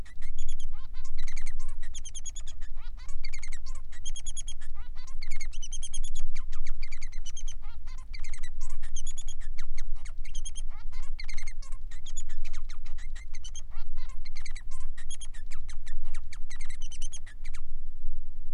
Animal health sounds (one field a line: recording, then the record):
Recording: song of a male Bengalese finch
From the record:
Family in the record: son of father 3